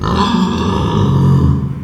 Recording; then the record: squeal of a Yucatan mini pig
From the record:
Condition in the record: after surgery on the right vocal fold (resection and tissue-engineered implant); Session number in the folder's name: 15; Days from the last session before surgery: 175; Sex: female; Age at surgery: 19 weeks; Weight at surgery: 25 kg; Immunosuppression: prednisolone